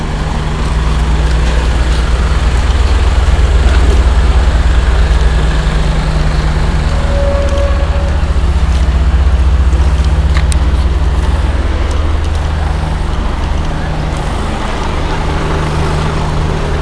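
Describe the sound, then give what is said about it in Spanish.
Heavy 25-tonne trucks, with a maximum weight of 42 tonnes, rumble past in a steady, loud roar of deep engine drone and broad road noise that holds evenly for the whole stretch, with no voices. “O sea, estos son los camiones de 25 toneladas.”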